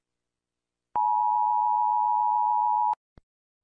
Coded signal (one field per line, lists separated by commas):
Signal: Emergency Alert System (SAME) tones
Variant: 853 and 960 Hz attention tone